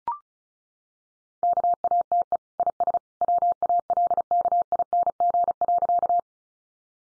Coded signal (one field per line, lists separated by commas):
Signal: Morse code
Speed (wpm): 34 wpm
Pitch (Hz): 700 Hz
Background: none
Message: KATE IS WALKING.